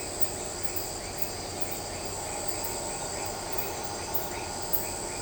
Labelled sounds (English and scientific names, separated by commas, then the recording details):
none
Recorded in shrubland near Pivijay, Magdalena, Colombia, on 16 April 2023 at 20:00
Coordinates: 10.453, -74.365
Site P5-G022